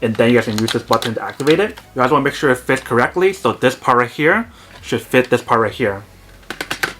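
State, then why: Seated. A plastic battery pack is lined up with the slot in the handle of a MOOSOO cordless stick vacuum and pushed in while someone talks. A short run of sharp clicks follows, and the loudest snap at 6.8 seconds marks the battery seating in place.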